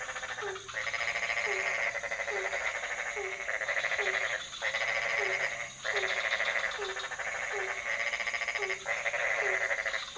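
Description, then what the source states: Frogs croaking in a chorus: low notes repeated below long harsh rattling trills that break off briefly now and then. Several frog species calling at night in a pond near a hotel in Ubud, Bali, Indonesia; recorded with Sony PCM D50, Rode NT4 and Rode boompole.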